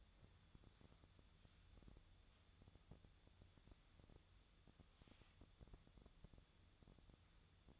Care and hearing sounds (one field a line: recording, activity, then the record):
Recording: daily activity, microphone in the room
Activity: wipe stove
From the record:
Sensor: 3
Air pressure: 1004.7 hPa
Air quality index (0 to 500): 75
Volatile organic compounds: 2 ppm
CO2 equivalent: 1134 ppm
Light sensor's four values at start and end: 8/19/8/7 and 8/19/8/7